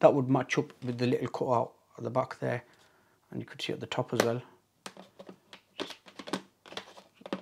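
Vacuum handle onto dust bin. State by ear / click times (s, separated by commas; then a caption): seated / 7.3 s. Someone talks while fitting the plastic handle of a Greenote GSC50 cordless vacuum cleaner onto its dust bin, matching the handle to the bin's latch and cutout and pushing it up and back. A series of short plastic knocks and taps follows after the talking stops. The handle locks into place on the bin with a click at 7.3 seconds.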